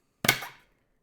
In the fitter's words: so you just pop that right back in and you want to twist until it clicks in